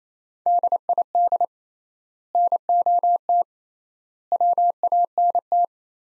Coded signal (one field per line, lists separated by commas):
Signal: Morse code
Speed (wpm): 28 wpm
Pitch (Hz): 700 Hz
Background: none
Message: DID NOT WANT